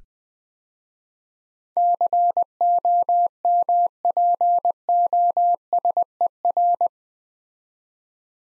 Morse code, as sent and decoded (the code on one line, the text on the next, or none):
-.-. --- -- .--. --- ... . .-.
COMPOSER